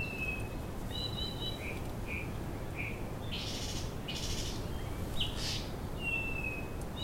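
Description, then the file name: White-tailed flycatcher calls: thin, high whistled notes, some flat and drawn out, others short, given at irregular intervals with a few rushing bursts over steady background hiss. "flycatcher-white-tailed -Cyornis-concretus"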